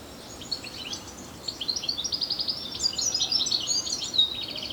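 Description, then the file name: European goldfinch twittering, building into quick runs of bright metallic trills and buzzy notes toward the end. "Carduelis carduelis"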